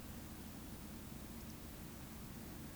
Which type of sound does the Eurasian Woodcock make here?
whistle